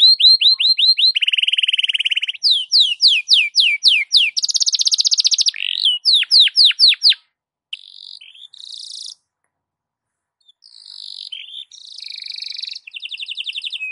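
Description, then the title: Belgian canary song of quick repeated trills and falling swoops, loud and fast for about seven seconds, then a brief silence and softer buzzy phrases. Belgian canary; morning song used to warm up a canary, described as suited for masteran (tutoring other birds). "Canto Para Esquentar Canário Belga. SUARA BURUNG KENARI DI PAGI HARI COCOK BUAT MASTERAN"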